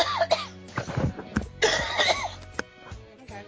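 A few short, harsh adult coughs, with brief voiced sounds before and between them.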